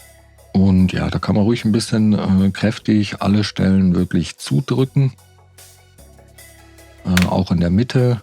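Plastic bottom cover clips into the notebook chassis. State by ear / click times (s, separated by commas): seated / 7.2 s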